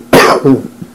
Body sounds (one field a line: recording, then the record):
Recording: coughing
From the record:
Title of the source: Coughing 77